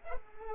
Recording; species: mosquito wingbeat signal from an infrared sensor; Culex pipiens